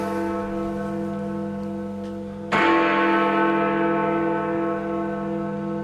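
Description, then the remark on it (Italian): Church bells ring with a rich, sustained hum of layered tones, and partway through a fresh loud strike rings out and lingers, with no voices. “Fate suonare le campane.”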